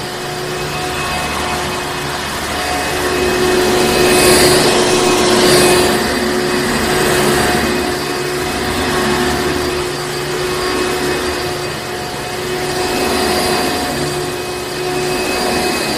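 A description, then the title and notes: A vacuum runs steadily throughout, a dense whooshing roar with a constant whine and a low hum beneath it. The sound swells a little louder around four to six seconds and again near thirteen seconds, with brief airy bursts as the suction shifts. A Vacuum.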